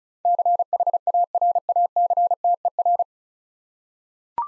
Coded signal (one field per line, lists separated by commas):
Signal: Morse code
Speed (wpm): 36 wpm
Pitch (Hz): 700 Hz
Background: none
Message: CHARACTER